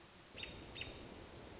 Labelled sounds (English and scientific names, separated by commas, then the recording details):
American Robin (Turdus migratorius)
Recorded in Sonoma County, California